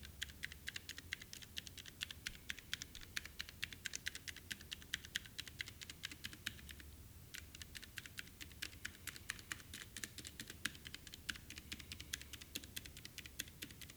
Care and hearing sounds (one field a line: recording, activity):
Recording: daily activity, guitar pickup as the sensor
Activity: type